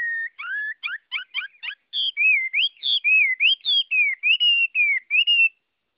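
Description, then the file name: Chinese hwamei song: quick falling and rising notes, then a steady string of loud wavering whistles. Hwamei singing in the Vietnamese wild-voice style (giọng rừng). "Tieng hoa mi hot giong rung"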